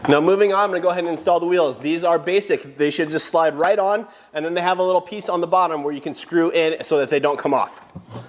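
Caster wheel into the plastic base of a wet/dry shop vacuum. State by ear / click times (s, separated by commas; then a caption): not seated / none. A man talks while handling a plastic caster wheel that goes into the plastic base of a DeWalt Stealth Sonic wet/dry shop vacuum. The wheel is slid onto the underside of the base, but nothing has seated or clicked yet by the end of the clip.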